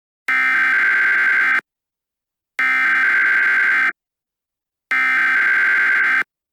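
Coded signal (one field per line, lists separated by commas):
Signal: Emergency Alert System (SAME) tones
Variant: header bursts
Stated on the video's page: Simulated EAS scenario, fictional Cold War-inspired retaliation alert.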